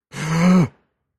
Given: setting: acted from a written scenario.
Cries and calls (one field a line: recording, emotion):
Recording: vocal sound without words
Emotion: distress